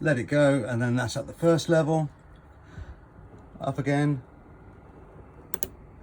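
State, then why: Seated. Someone talks while a window on a 2021 Elddis Affinity 520 caravan is pushed up slowly. The window stay arm on the frame gives two sharp clicks at 5.5 s and 5.6 s as it locks into its second opening level, so the stay is seated.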